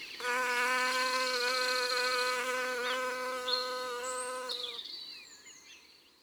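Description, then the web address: Bee buzzing in a steady, low, harmonic-rich hum for about four and a half seconds, then stopping. "Labeille. album mon-imagier-sonore-de-la-nature"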